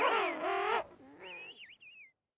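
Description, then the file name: King penguin call: a loud, harmonic, wavering trumpet-like note lasting under a second, followed by fainter warbling tones that rise and fall before fading out. Recorded on 27 January 2014. "birds-20140127-0000-king penguin"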